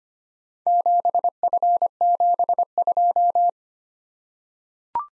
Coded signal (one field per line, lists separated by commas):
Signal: Morse code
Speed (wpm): 25 wpm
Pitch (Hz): 700 Hz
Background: none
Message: 7F72